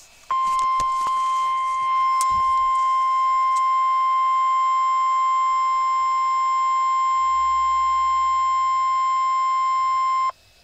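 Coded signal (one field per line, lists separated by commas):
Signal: Emergency Alert System (SAME) tones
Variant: 1050 Hz attention tone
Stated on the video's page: Real severe thunderstorm warning EAS tones.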